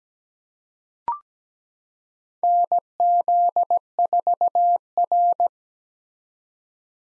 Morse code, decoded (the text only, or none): NZ4R